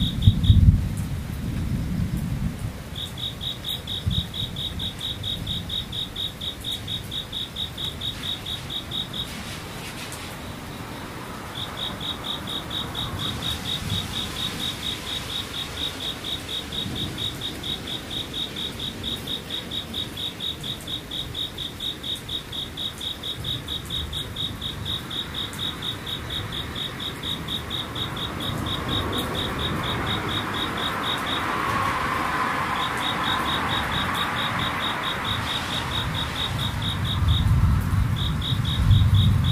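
An insect keeps up a fast, even trill at a high pitch, breaking off briefly near 3 seconds, around 10 seconds and again near 31 seconds. A soft patter of rain and a low rumble sit underneath, the rumble swelling at the start and end.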